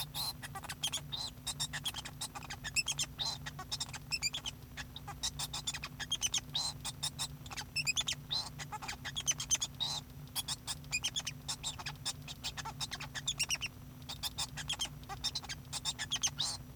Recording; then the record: song of a male Bengalese finch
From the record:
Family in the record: son of father 2